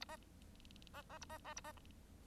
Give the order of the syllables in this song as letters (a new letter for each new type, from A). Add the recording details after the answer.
A B B B A B B A B. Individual Bird1